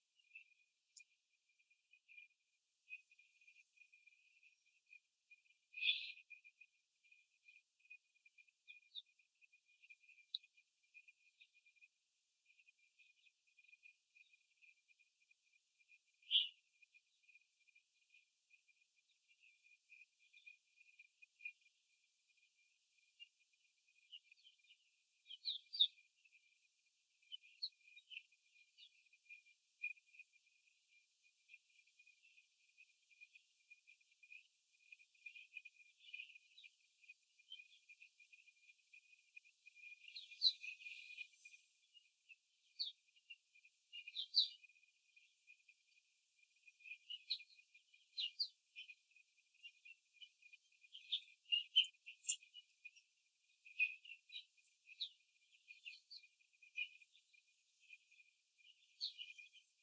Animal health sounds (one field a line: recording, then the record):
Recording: young laying hens in a cage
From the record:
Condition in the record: before the stressor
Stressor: simulated dog barking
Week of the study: 3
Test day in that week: 2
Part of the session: 2